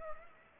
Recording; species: mosquito wingbeat signal from an infrared sensor; Culex pipiens